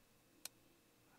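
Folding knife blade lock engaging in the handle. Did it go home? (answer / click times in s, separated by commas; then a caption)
yes / 0.5 s. A second folding knife's blade is moved into its locked position, and the blade lock engages in the handle with a single sharp, bright click at 0.5 s against a quiet background. The blade lock is seated, and the lockup is very solid.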